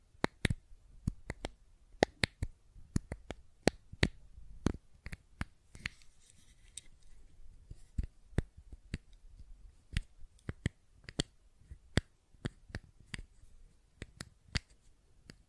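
Sharp tapping and clicking from a fidget cube, arriving in irregular bursts of quick, bright clicks with brief pauses between them. The clicks are dense and uneven throughout, some louder than others, over a faint low hum.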